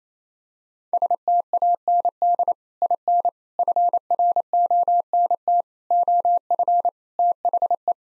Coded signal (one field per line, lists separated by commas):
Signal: Morse code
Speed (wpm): 28 wpm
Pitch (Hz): 700 Hz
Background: none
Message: STAND IN FRONT OF THE